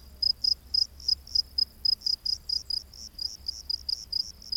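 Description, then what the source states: Cricket chirping in clear separate bursts, about four per second, each a bright high pulse, over quiet low background noise. Crickets heard during the day.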